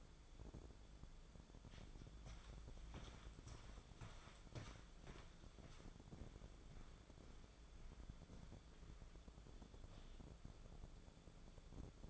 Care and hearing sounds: daily activity, microphone in the room; walk to room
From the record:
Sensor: 5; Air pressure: 1010.5 hPa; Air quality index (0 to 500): 109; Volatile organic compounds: 2 ppm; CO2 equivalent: 1076 ppm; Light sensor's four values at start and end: 526/1346/559/653 and 511/1329/547/636

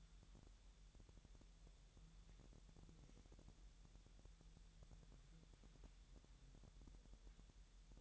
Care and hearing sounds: daily activity, microphone in the room; wipe stove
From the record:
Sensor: 3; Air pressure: 1001.0 hPa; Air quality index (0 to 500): 248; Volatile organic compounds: 178 ppm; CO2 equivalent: 4134 ppm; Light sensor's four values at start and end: 12/27/11/11 and 12/28/11/11

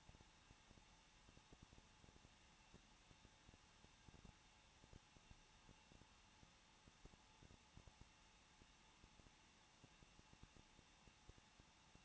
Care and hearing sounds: daily activity, microphone in the room; no activity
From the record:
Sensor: 1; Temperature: 20.1 degrees Celsius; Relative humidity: 39.1%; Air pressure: 1006.4 hPa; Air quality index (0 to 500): 216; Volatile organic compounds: 73 ppm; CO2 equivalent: 3543 ppm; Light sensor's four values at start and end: 1/2/1/1 and 1/2/1/1

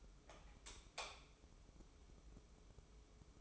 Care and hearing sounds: daily activity, microphone in the room; light on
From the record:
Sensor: 1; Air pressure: 995.4 hPa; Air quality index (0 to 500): 27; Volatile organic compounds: 1 ppm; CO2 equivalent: 525 ppm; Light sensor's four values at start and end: 10/26/10/11 and 14/41/16/17

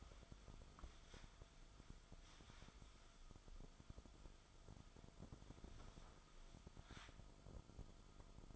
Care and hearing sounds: daily activity, microphone in the room; wipe stove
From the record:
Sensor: 5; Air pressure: 1004.9 hPa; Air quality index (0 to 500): 105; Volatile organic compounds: 2 ppm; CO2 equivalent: 1285 ppm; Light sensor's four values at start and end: 32/71/30/30 and 33/74/31/31

